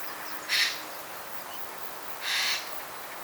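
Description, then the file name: Eurasian jay giving two harsh, rasping screeches about two seconds apart, the second slightly longer, over a steady faint hiss. "Garrulus glandarius"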